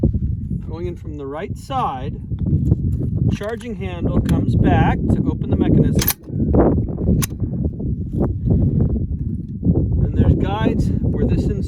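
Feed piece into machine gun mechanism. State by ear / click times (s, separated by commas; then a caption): seated / 7.2 s. A metal feed piece slides along its guides into a machine gun's mechanism from the right side, after the charging handle is pulled back to open it, and locks in place with a sharp, audible click at 7.2 s that shows the gun is ready. Someone talks throughout, with music in the background.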